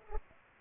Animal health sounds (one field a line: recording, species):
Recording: mosquito wingbeat signal from an infrared sensor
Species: Culex pipiens